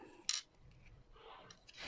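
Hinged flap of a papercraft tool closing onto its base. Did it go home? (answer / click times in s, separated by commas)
yes / 0.3 s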